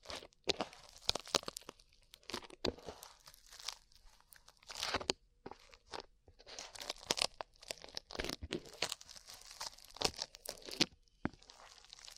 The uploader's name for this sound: ASMR SLIME